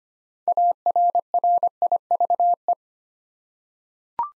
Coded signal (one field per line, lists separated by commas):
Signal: Morse code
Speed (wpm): 25 wpm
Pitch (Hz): 700 Hz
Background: none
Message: ARRIVE